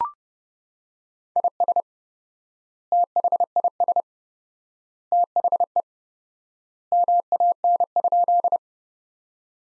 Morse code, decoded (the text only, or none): IS THIS THE MAN?